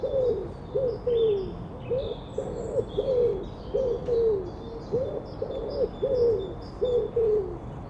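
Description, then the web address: Common wood pigeon giving a steady series of muffled, hooting coos in a rhythmic phrase pattern, some notes sliding downward, while other birds chirp faintly higher up. "cianscape. Deverinetal"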